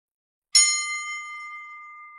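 A single bright bell-like chime strikes after a short silence, then rings on with a clear, sustained high tone that slowly fades, with no voices.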